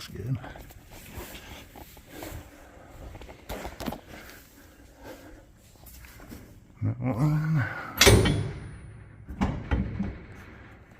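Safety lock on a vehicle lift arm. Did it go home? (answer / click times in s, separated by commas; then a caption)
yes / 8.0 s. Someone talks as a vehicle lift rises, with scattered low clatter and handling noises. At 8.0 s the steel safety lock on the lift arm engages with a loud, sharp metallic clack, followed by a couple of fainter knocks. The arm lock has clicked into place and the lift is secured.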